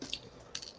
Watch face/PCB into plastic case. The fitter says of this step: Sorry, the PCB, the watch face has latched on quite nicely to the this, but unfortunately didn't latch onto the other thing.